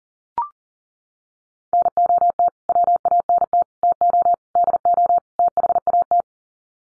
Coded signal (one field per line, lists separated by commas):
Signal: Morse code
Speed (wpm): 40 wpm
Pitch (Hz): 700 Hz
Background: none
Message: NOT WANT TO DO THAT